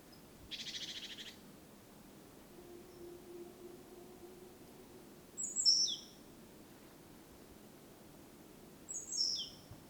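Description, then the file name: Great tit calls: thin, high descending notes, twice about three and a half seconds apart, with a brief hissing burst near the start and a faint low hum. "Parus major"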